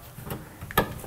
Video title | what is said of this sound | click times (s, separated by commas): Concealed Cistern Problems? 5-Minute Fix | that goes down, clicks back into place, that's firm. | 0.8 s